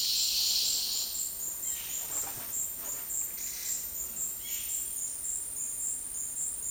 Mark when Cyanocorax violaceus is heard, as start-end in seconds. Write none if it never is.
4.37-4.89